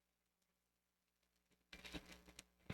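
A plastic backing washer is pressed onto the shank of the second safety eye inside a knitted toy head, with faint handling rustles leading up to a sharp snap at 1.7 s. The washer seats on the shank, followed by louder scraping and handling noise with brief ticks near 2.4 s and 2.7 s.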